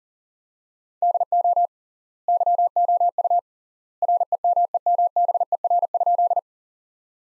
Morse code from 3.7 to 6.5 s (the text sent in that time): REMEMBER?